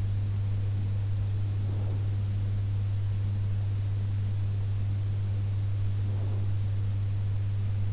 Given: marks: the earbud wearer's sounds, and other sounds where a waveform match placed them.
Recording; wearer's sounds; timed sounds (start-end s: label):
sounds in sleep by an in-ear microphone; breath
1.36-2.33 s: breath
5.83-6.59 s: breath